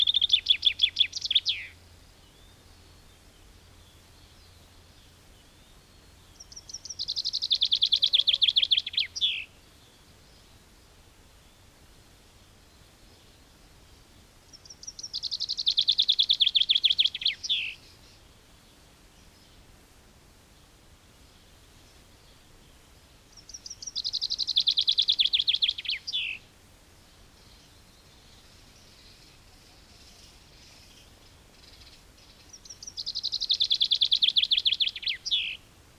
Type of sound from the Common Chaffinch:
song